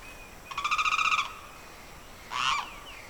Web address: The BBC Sound Effects Library - Complete 60 CDs Collection Sound Effects Library- (Rural South America) Evening Birdsong, Pantanal Swamp